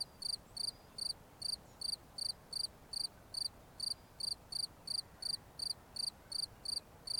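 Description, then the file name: Cricket song of brief, bright, trilled chirps, evenly spaced at nearly three a second, with faint hiss beneath. "Grillons"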